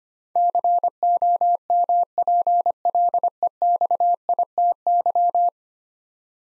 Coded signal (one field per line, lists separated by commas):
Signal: Morse code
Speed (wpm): 25 wpm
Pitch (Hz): 700 Hz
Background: none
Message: COMPLEXITY